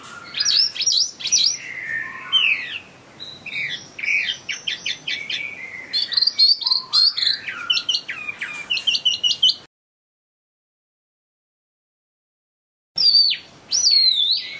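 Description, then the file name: Chinese hwamei pouring out fast, varied whistles and slurred notes, then a silent gap of about three seconds before the song bursts out again. Bird in full song, described as gacor. "audio hwamei gacor. omkicau"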